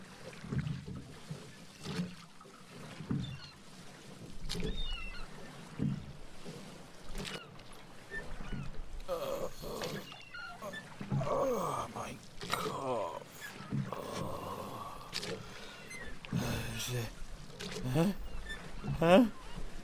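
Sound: boat on water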